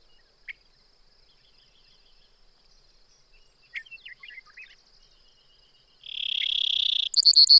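Brewer's sparrow delivering a high insect-like buzz that breaks into a fast, bright trill at the end, following quiet twittering notes.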